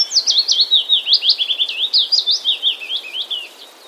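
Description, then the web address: Willow warbler song: a run of slurred, sweet whistled notes drifting gently downward in pitch, rapid and continuous for about four seconds, fading at the end. Wroblowe, Poland, 3 May 2014. "wroblowe kontra piecuszek 03 05 2014"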